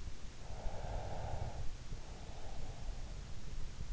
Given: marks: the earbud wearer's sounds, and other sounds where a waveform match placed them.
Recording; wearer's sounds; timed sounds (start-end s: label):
sounds in sleep by an in-ear microphone; breath
0.52-3.44 s: breath